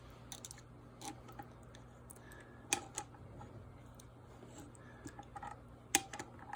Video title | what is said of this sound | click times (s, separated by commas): Levy Electric Scooter Valve Stem Replacement | that happens you'll hear kind of snap into place | 5.9 s